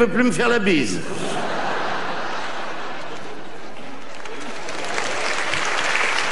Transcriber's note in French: rires